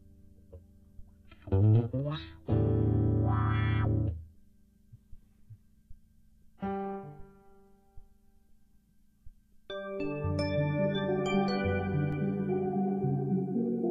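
Electronic tones with a reverb effect: two loud buzzy bursts, then a brighter note that rings out in a decaying wash, before a sustained, layered chord swells and holds to the end. No one speaks.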